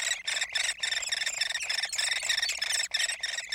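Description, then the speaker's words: Hairy woodpecker chick begging with a dense, continuous stream of harsh, buzzy high-pitched squeaks, rapidly repeated and nearly unbroken throughout. Chick begging parents for food from its nest cavity deep within a dying tree. "That's a hairy woodpecker chick in its nest cavity deep within a dying tree."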